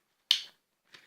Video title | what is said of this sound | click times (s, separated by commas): DIY Copper Zinc Acid Battery - Better than a potato! | do the cap back up nice and tight if you hear that click then it means it's on tightly enough | 0.3 s